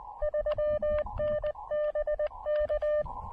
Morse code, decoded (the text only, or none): 3N BK